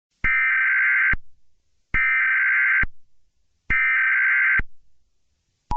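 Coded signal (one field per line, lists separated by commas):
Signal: Emergency Alert System (SAME) tones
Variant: header bursts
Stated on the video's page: Fictional EAS scenario using valid EAS tones, Persona 4 inspired.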